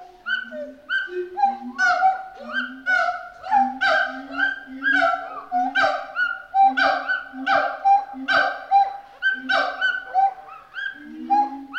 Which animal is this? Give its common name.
Pileated Gibbon